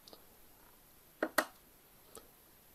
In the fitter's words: plug that in you're going to hear it snap snap snap